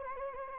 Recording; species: mosquito wingbeat signal from an infrared sensor; Anopheles gambiae